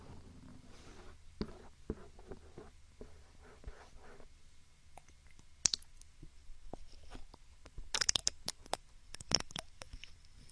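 Binaural ear picking and ear massage: soft scratching and rubbing strokes fill the first four seconds over a low steady rumble. After a quiet stretch, sharp crisp clicks and scrapes arrive in scattered bursts, densest around eight and nine seconds.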